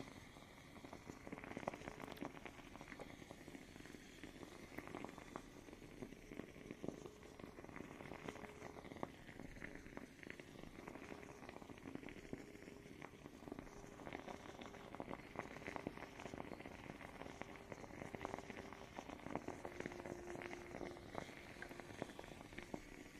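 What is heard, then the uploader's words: Foam cleanser and toner being worked close up: dense, steady fizzing crackle and soft squishing, with a faint low hum underneath throughout. Fluffy foam cleanser and toner.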